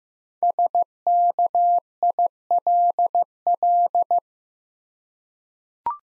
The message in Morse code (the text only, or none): SKILL